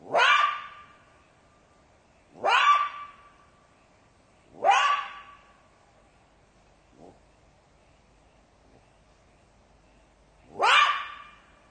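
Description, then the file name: Jackal yelping: three quick rising cries about two seconds apart, a faint short note, then a pause before a fourth loud yelp. "zvuki shakala"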